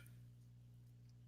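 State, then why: Not seated. A roller on a cutting machine's saw mechanism is handled as it is moved toward a groove it locks into; the metal was thought to be worn but turned out to have a flat spot. A steady low hum runs throughout, with a faint high tick near 0.1 s and a few soft ticks later. The clip ends before the roller goes home, and nothing has seated or locked yet.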